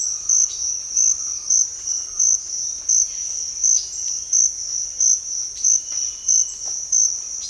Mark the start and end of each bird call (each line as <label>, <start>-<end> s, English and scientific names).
Speckled Chachalaca (Ortalis guttata), 0.00-2.50 s
Silver-beaked Tanager (Ramphocelus carbo), 3.76-3.84 s
Silver-beaked Tanager (Ramphocelus carbo), 5.55-5.66 s